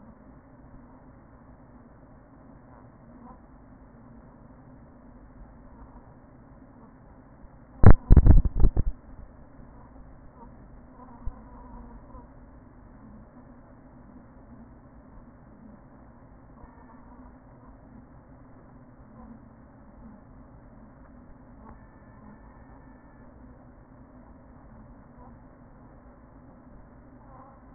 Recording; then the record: honeybee colony, microphone inside the hive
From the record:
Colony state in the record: queen present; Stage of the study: after two queens were removed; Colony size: about 40,000 bees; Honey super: no